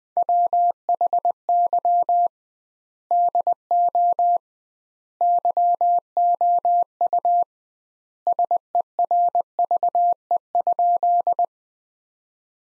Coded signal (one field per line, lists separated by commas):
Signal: Morse code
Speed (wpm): 20 wpm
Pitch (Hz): 700 Hz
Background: none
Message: WHY DO YOU SERVE?